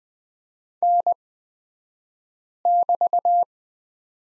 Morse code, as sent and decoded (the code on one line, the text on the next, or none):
-. -...-
N<BT>